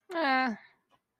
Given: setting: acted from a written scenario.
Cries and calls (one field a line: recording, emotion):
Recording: vocal sound without words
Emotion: neutral